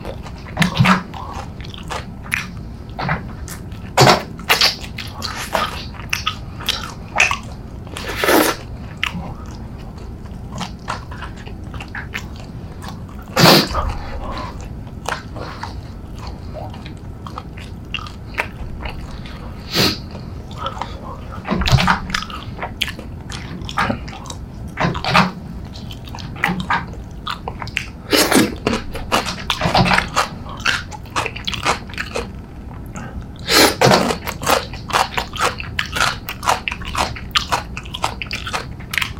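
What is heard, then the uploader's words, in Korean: Eating chicken, with crisp bites and steady chewing throughout. Sharp crunches cut in every second or two, a few louder snaps near 8, 13, 28 and 34 seconds, over a dense, low, moist chewing bed that never pauses. 치킨 ASMR.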